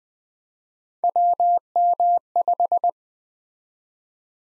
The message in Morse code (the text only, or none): WM5